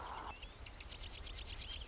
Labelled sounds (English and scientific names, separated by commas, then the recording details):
Marsh Wren (Cistothorus palustris)
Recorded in Sonoma County, California